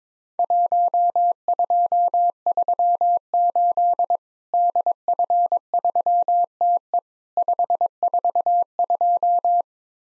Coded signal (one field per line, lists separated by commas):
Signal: Morse code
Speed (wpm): 22 wpm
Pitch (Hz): 700 Hz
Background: none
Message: 1238 DF3TE 542